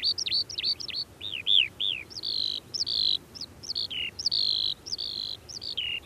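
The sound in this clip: Eurasian skylark song, a run of clear whistled slurred notes, some rising then falling, given in quick varied succession.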